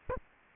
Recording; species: mosquito wingbeat signal from an infrared sensor; Aedes aegypti